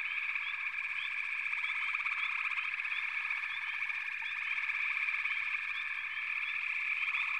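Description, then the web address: Frog chorus, an even wall of trilling calls with short chirps recurring above it. "Echoes of Nature - Frog Chorus"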